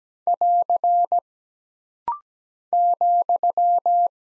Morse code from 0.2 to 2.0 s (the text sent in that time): <AR>